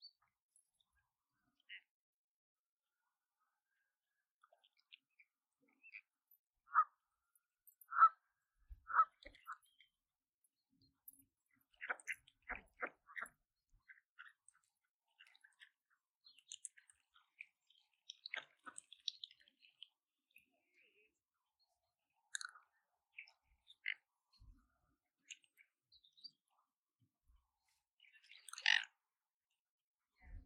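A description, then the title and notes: Ducks being fed at a lake in Saltwell Park: short, sharp pecking and snapping sounds come in scattered bursts, busiest in the middle stretch. Silent gaps separate them, and a louder rattling flurry arrives near the end. Today, we're feeding the ducks at the lake in Saltwell Park. Recorded in January. I went out and fed the ducks (and swans, and other birds that came along for the meal) peas.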